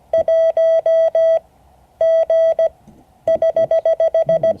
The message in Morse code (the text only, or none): 1 G <HH>